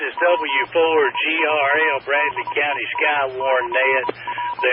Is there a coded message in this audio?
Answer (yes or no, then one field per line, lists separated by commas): yes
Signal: Morse code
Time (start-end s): 0.2-4.6 s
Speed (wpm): 23 wpm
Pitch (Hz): 970 Hz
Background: speech, music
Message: WD4DES/R